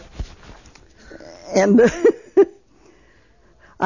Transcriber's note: she laughs